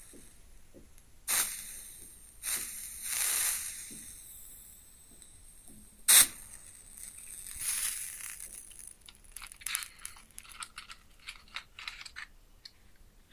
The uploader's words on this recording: ASMR Close Up Matching LightingExtinguishing Fire Crackles & Sizzles (No Talking).